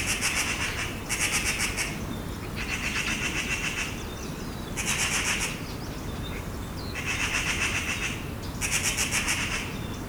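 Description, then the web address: Eurasian magpie chattering loudly: six harsh, machine-gun-like rattles of rapid clicks, each about a second long, coming every one to two seconds. "pub SETE data Pica pica"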